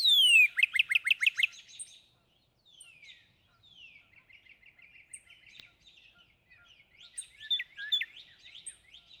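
Northern cardinal song: a quick run of loud, steeply down-slurred whistles, then long falling slurs and softer twittering.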